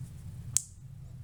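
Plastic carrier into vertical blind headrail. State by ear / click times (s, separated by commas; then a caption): seated / 0.6 s. A plastic carrier underneath is pulled into a vertical blind headrail and snaps into place with one sharp, bright click at 0.6 s over a faint steady low hum. The carrier is seated and no longer moves.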